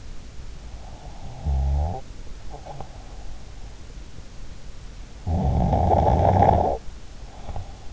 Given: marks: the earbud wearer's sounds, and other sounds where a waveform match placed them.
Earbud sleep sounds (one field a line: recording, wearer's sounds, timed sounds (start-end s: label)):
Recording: sounds in sleep by an in-ear microphone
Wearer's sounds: snoring breath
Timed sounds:
1.24-3.53 s: snoring breath
5.22-7.93 s: snoring breath